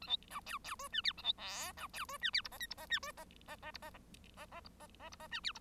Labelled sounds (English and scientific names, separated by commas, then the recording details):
Bengalese Finch (Lonchura striata domestica) song
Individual Bird1